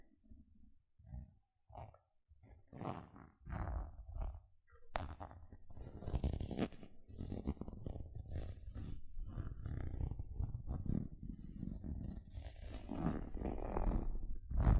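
Gentle scratching sounds, starting as short, separate strokes with pauses between them for the first few seconds. Around the five-second mark the scratching becomes continuous and denser, a rough, rumbling texture with a faint crisp edge that keeps going steadily to the end.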